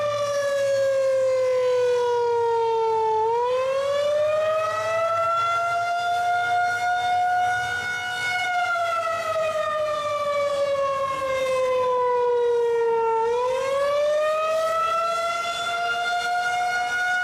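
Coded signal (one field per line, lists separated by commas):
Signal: siren signal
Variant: Federal Signal 2001-130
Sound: loud outdoor siren wailing, pitch slowly falling then rising, about two waver cycles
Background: outdoor ambience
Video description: Today, however, the county sent out the tones for alert first, and after two minutes toned out the 2 minute attack cycle.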